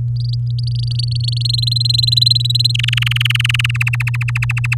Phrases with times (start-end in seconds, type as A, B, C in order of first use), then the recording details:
0.16-1.43 A, 1.45-2.72 B, 2.74-3.71 C, 3.74-4.75 D. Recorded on 8 May 2018 at 17:03. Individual llb16